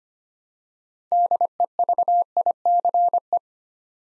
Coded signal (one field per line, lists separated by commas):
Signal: Morse code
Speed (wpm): 25 wpm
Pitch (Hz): 700 Hz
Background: none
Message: DEVICE